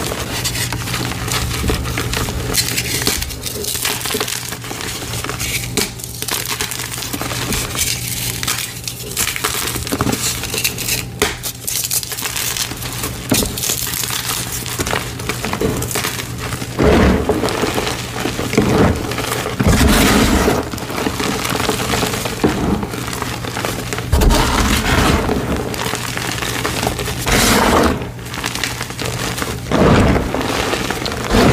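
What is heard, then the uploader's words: Blue dyed gym chalk is crushed, a dense, steady run of crunching and crinkling with sharp grainy bursts scattered throughout. From about seventeen seconds the crushing turns heavier, with deeper squeezing strokes every few seconds over a low constant hum. Satisfying Gym Chalk Crushing ASMR. Asmr satisfying videos of blue dyed gym chalk crushing.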